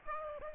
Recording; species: mosquito wingbeat signal from an infrared sensor; Aedes aegypti